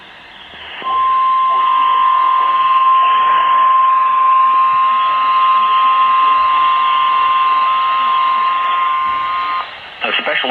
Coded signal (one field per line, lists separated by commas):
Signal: Emergency Alert System (SAME) tones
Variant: 1050 Hz attention tone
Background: speech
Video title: [EAS #115-127] Absolute Chaos! Marine Madness of EAS alerts from 3/21/23!!